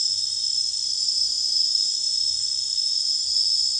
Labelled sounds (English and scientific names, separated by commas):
none